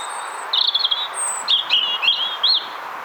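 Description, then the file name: European robin singing a thin, high warbled phrase of short trills and sliding whistles, with a faint very high note first, over steady background hiss. "Erithacus rubecula"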